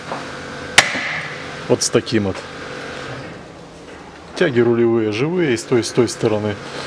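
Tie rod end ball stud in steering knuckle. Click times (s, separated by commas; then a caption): 0.8 s. On a 2009 Chevrolet Aveo, a puller presses the tapered ball stud of a steering tie rod end out of the steel steering knuckle without a hammer. Under a steady low hum, it lets go with a single sharp snap at 0.8 s, and the tie rod end pops free. Someone then talks.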